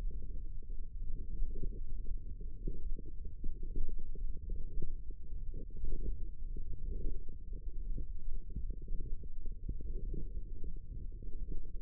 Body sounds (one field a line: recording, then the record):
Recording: forearm muscle sounds (acoustic myography)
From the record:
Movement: wrist flexion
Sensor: system 1, eight BSWA MPA416 microphones around the upper forearm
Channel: 6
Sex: female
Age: 21 years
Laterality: right